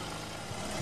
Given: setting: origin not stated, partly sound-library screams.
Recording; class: one-second piece from a danger detection set; normal situation